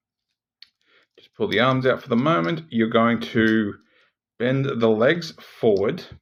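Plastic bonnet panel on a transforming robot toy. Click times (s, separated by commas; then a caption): 0.6 s. The plastic front bonnet panel of a large Generations Titan Class Metroplex transforming robot toy is flipped up and pushed until it gives a sharp click at 0.6 s, seating it into place. A couple of faint small taps follow, then someone talks.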